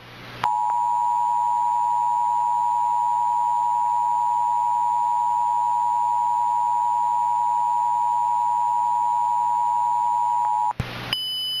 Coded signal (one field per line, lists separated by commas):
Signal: Emergency Alert System (SAME) tones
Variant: 853 and 960 Hz attention tone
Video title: MARACKTA- EAS SCENARIO/ANALOG HORROR